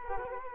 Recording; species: mosquito wingbeat signal from an infrared sensor; Culex quinquefasciatus